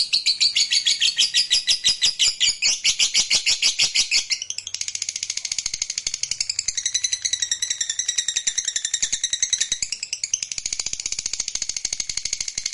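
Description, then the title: Lovebird song, an intense high chatter that changes into wavering twittering phrases midway, continuing without a break. Meant to stimulate a lazy, quiet lovebird so that it eagerly and spontaneously starts singing in the sustained 'narik' style. "LOVEBIRD Malas Bunyi JADI GREGET SPONTAN Langsung NARIK"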